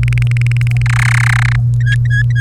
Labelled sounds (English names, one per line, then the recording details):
Domestic Canary song
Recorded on 1 May 2018 at 14:39
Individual llb3